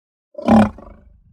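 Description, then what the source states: Lion chuff: a single short, breathy, low grunt lasting under half a second, then a brief fading rumble and quiet. Calm lion giving a chuff and roar.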